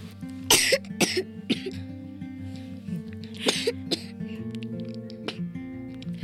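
A toddler coughs repeatedly: a quick pair of harsh bursts, then scattered single coughs at uneven intervals, fairly loud over a steady low humming background.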